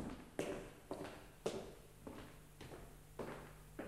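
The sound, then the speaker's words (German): About seven footsteps of a man walking with unsteady steps toward a door and going in thud at a slow, slightly uneven pace, each a soft broad scuff with a low hum beneath and no voices. “Er ging mit unsicheren Schritten auf die Tür zu und trat ein.”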